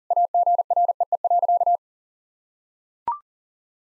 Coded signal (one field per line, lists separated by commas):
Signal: Morse code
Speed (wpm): 40 wpm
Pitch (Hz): 700 Hz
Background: none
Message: AGREE.